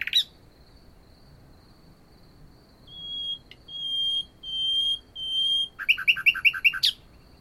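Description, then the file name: Common nightingale song: slow, pure whistled notes repeated and swelling in loudness, then a fast rattling series of sharp notes. "Luscinia megarhynchos"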